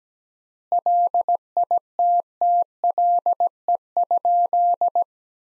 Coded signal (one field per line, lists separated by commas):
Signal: Morse code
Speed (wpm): 17 wpm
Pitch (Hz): 700 Hz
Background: none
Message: LITTLE?